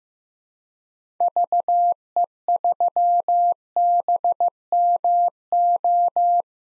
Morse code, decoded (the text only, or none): VE3BMO